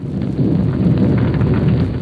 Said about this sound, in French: Quelques heures plus tard, en pleine nuit, au cœur d'un orage furieux, 3 chevaliers parcourant la montagne mettent pied à terre devant une hutte de charbonniers.